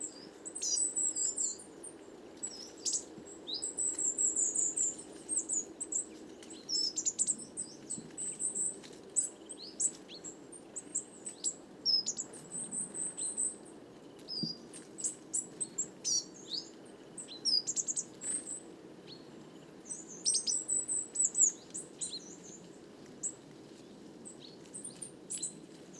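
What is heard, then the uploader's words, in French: A large flock of coal tits calls constantly, thin high chirps and short tweets overlapping in busy bursts from start to finish. Beneath the birds runs a steady low rumble, with an occasional soft thump standing out around the middle. Les Casses - Drôme - Parabole Wiltronic - mono. Je suis venu ce soir essayer une parabole un peu oubliée dans mon stock de matériel, une Wildtronic qui me permet d'enregistrer en mono avec une qualité de restitution des aigus bien réelle. Malheureusement, elle est un peu lourde ce qui génère des bruits de manipulation excessifs.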